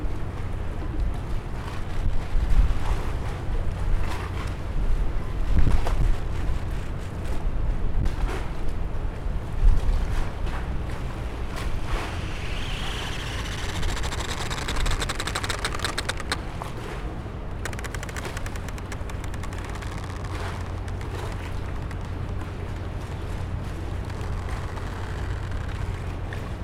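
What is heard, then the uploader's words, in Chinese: Seawater slaps steadily against a harbor wall under a constant low rumble, while moored boats creak and ropes strain with faint tones midway. 基隆海關西二碼頭旁。感受海風吹在身上,聽著海水打到岸邊的聲音,繩子固定船隻,風吹的船隻繃緊的聲音。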